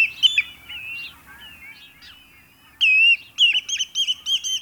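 Common redshank whistled calls, clear ringing notes with sliding pitch, then a quick run of short repeated piping notes toward the end.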